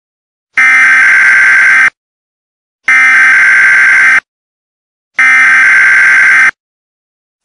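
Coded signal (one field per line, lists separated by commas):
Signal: Emergency Alert System (SAME) tones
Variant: header bursts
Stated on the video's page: Fan-made Christmas EAS scenario for a game, not a real alert.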